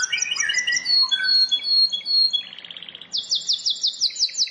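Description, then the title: Prinia song: varied high twittering with a lower whistled run, then a buzzy rattle and a quick series of sharp repeated notes. "Ciblek Sawah"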